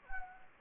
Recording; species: mosquito wingbeat signal from an infrared sensor; Anopheles gambiae